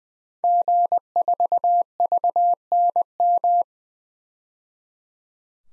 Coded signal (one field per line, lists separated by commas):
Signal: Morse code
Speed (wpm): 20 wpm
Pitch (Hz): 700 Hz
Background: none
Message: G4VNM